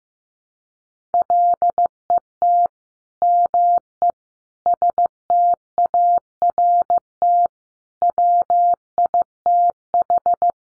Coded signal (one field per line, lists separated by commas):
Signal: Morse code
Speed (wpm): 15 wpm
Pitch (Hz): 700 Hz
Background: none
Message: LET ME START WITH